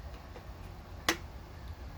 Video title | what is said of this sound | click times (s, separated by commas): Repairing a customers gas powered pedal bike | heard it snap in | 1.1 s